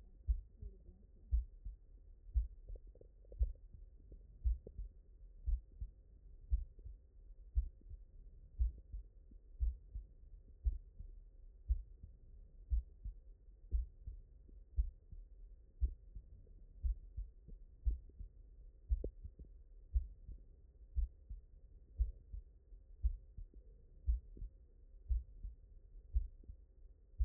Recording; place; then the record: heart sounds by stethoscope; mitral valve (MV)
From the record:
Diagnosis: non-HFrEF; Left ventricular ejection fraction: 55%